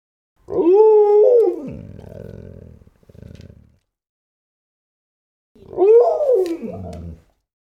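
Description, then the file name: Dog howling, the sound sinking into a lower rough growl, then a second howl after a pause. Snarling and howling. "Digiffects Sound Effects Library - Dog Snarling and Howling"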